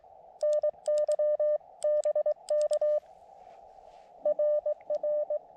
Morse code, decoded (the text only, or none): NY BK RR